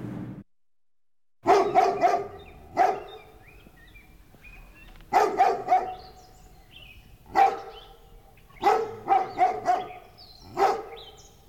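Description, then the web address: Dog barking in quick clusters of deep, harmonic woofs separated by short pauses, with small birds chirping and twittering in the background. Large dog barking in the distance in a residential area, with birds in the background. "dog large barking animal barking in distance residential animal barking birds in bg animal"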